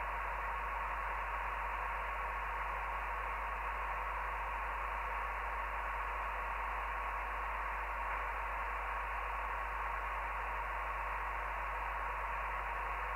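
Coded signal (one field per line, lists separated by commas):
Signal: NAVTEX (SITOR-B)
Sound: rapid chirping warble between two close tones, continuous, under loud hiss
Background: radio static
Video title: Navtex 517Khz Rogaland Norway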